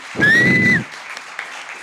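A short, loud burst of crowd applause with a shrill, steady whistle riding over it, cutting off after about half a second and leaving a faint murmur behind.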